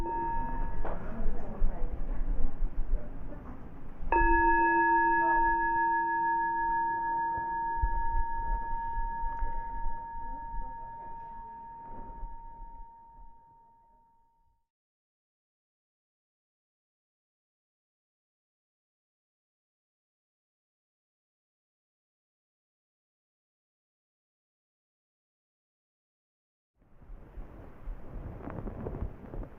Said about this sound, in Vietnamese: Nãy giờ mình ngồi mình nghe rồi, bây giờ mình nghe một tiếng chuông và kiểm tra thử mình có được chút ít lòng từ bi nào không quý vị ha.